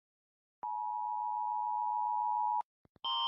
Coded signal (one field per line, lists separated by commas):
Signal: Emergency Alert System (SAME) tones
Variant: 853 and 960 Hz attention tone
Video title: When EAS Alarms complication 1